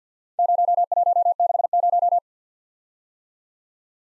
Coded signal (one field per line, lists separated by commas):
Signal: Morse code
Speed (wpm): 53 wpm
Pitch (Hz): 700 Hz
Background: none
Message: 0160